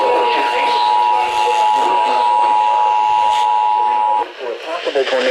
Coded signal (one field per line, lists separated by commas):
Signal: Emergency Alert System (SAME) tones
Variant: 853 and 960 Hz attention tone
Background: speech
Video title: An Interesting Series of Events.. EAS Alerts from 3/16/26 (EAS #1,362-#1,400)